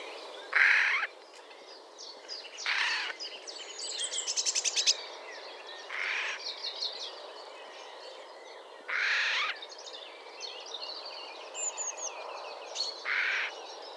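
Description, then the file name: Eurasian jay calls: harsh, noisy screeches every few seconds, with other small birds chirping and trilling in between. "Garrulus glandarius"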